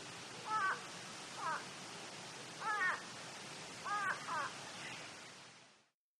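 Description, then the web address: Grey go-away-bird calls: several short, quiet, nasal, downslurred notes, some in pairs, irregularly spaced against steady background noise. Africa. "gray lowrie|african"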